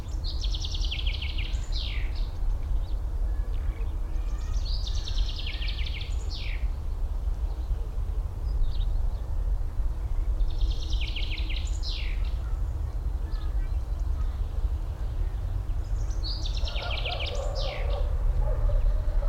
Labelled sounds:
Common Chaffinch
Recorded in the wild
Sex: male
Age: adult
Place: Mühlenbeck, am Tegeler Fließ, Brandenburg, DE
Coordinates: 52.667, 13.37
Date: 1993-03-21 11:08
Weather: sonnig, ca. 12 °C
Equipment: Marantz CP 430, Sennheiser ME 80, Kopie Uher Variocord 263
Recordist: Tembrock, Günter

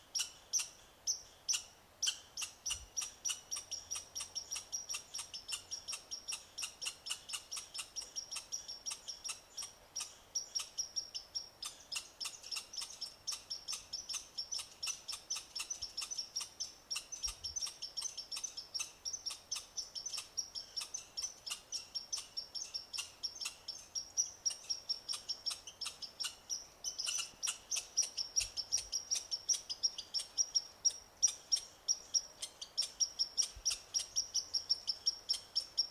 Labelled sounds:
Red Squirrel call
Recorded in the wild
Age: adult
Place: Jasper National Park, Rocky Mountains, Alberta, CA
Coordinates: 52.9072, -118.065
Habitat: coniferous forest
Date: 1991-09-13 19:00
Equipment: Sony WM-D6C, Sony ECM-939 LT (Stereo), Kopie Uher 4400 IC
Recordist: Frommolt, Karl-Heinz

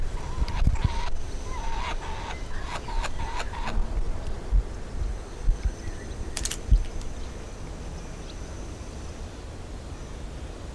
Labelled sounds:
Laughing Kookaburra call
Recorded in captivity
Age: adult
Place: Zoo Berlin, Berlin, DE
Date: 1997-08-28 10:12
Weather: 22-28°C, sonnig
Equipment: Sony MD-WM MZ-R3, Sennheiser ME 80, K 30 AV, Kopie Uher 4000 Report Monitor
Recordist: Tembrock, Günter

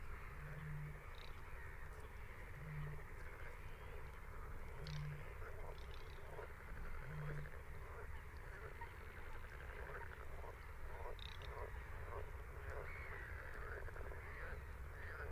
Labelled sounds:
Garganey call
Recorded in the wild
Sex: male
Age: adult
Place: Kützerhof, Kummerower See, Mecklenburg-Vorpommern, DE
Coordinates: 53.8386, 12.8728
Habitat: wetland
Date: 2008-04-29 21:26
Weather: overcast, 15°C, weak westerly winds
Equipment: Sound Devices 702, Sennheiser MKH 70, Windkorb
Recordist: Frommolt, Karl-Heinz
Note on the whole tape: Wiedervernässungsfläche Polder Große Rosin: Rufe eines Knäkerpels. Tier nicht gesehen. Entfernung ca. 20 m

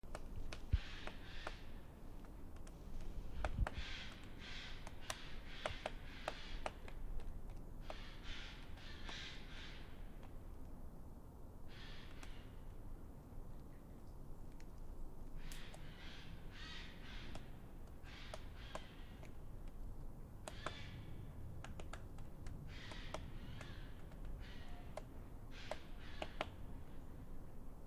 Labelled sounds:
Great Spotted Woodpecker
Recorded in the wild
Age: adult
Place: Bernau bei Berlin, Bernauer Forst, Brandenburg, DE
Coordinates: 52.6992, 13.5233
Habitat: wood
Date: 2006-12-10 13:35
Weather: wolkenlos, ca. 8°C, schwacher Wind
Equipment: Sound Devices 702, Sennheiser MKH 70, Popschutz
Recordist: Frommolt, Karl-Heinz

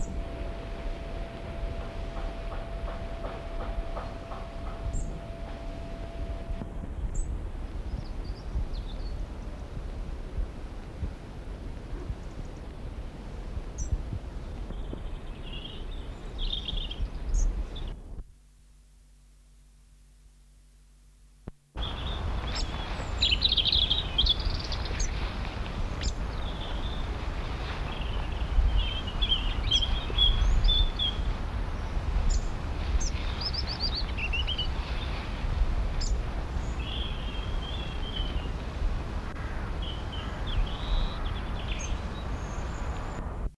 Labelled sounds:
European Robin alarm call
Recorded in the wild
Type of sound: alarm call
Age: adult
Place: Kenmare, Kerry, IE
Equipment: Halbspur, 9,5 cm/s
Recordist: Lütgens, Hans
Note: Warnen

